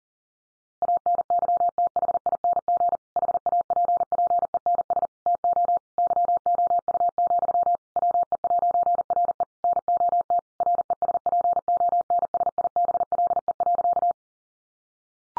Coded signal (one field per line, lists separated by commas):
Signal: Morse code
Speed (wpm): 40 wpm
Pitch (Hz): 700 Hz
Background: none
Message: ANYTHING HAPPENS TO YOU, WE'RE NOT RESPONSIBLE.